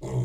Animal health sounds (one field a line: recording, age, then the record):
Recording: pig call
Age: weaner (32 to 43 days)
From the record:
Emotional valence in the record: negative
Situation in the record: short isolation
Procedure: open field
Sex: female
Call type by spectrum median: low-frequency call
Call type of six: low-frequency stable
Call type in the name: low-frequency stable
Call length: 0.25 s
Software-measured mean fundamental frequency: 64 Hz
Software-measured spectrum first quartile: 124 Hz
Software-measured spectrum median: 189 Hz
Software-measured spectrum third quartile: 530 Hz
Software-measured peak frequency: 125 Hz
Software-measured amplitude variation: 88 dB a second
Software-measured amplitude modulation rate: 14.0 a second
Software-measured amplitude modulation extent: 6.2 dB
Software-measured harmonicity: 2.5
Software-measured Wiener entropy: -0.60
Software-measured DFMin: 1442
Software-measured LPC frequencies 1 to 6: 2083, 3207, 5106, 6374, 7053, 8483 Hz